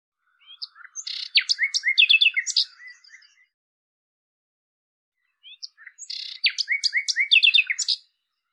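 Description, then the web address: Common nightingale song: two similar phrases of varied, rich notes and rapid chatter, separated by a two-second silence. "cianscape birddata Deverinetal 2025"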